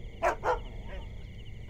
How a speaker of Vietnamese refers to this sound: Có tiếng chó sủa vang lên phía bên ngoài bờ thành.